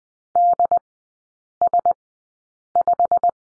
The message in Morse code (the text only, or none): DS5